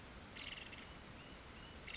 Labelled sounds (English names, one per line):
Nuttall's Woodpecker